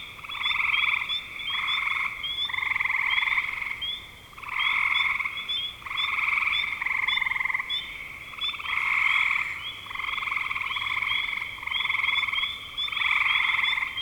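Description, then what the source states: Frog chorus of pulsed trill bursts, each lasting about a second, repeating steadily with short gaps, high chirps running along above. Spring 2025.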